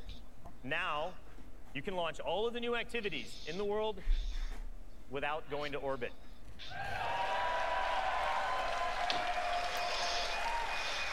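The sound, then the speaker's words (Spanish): A person talks for several seconds, then an audience breaks into steady applause for an announced feature that lets players move between locations without going to orbit. The applause fills the last four seconds, a dense, even wash of clapping at moderate loudness. “Porque aplauden, ha hecho algo de la órbita, ¿no?”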